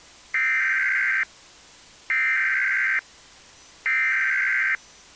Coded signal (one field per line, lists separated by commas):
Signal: Emergency Alert System (SAME) tones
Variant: header bursts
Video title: Missing Endangered Person Alert (EAS Issued By Me)